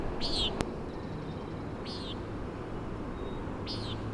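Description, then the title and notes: Common nighthawk repeating nasal, down-slurred peents three times, with a single sharp click early on and steady wind noise throughout. "Common Nighthawk "peenting" and "wing booms" 3:58am on top of Schoodic Head (Schoodic Div., Acadia National Park)"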